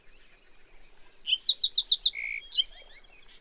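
High bird song: two clean whistles followed by a fast tumbling run of sliding notes, a lower buzzy note and a final bright flourish over faint hiss.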